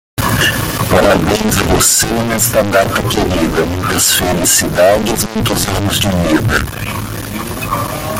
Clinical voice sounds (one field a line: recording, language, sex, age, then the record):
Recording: short text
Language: Brazilian Portuguese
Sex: male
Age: 50 to 59 years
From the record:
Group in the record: control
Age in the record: 50 years